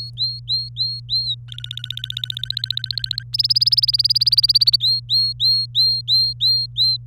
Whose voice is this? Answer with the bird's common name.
Domestic Canary